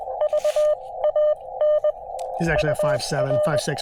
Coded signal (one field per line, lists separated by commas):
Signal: Morse code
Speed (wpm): 23 wpm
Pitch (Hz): 600 Hz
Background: speech, radio noise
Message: VAN UR